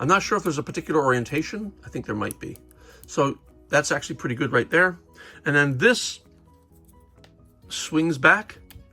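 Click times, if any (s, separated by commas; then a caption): none. Someone talks while handling a hinged plastic piece on a Mighty Max Hydra Double Demon Battle Warrior toy playset, fitting a peg into a hole in the chest part and then swinging the hinged part back. A few faint taps are heard around 6.9 to 7.2 seconds. The clip ends before the part snaps into place, so nothing has seated or clicked yet.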